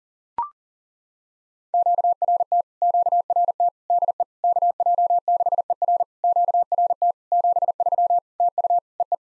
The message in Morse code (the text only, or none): QRT QRT DE KJ6ER QRT 73 TU EE